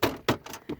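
A plastic console trim bezel around the shifter is pushed back into the center console of a Jeep Cherokee, giving two sharp snaps at 0.0 and 0.3 seconds as its clips engage. Keys jangle faintly over the sound, and the bezel is seated.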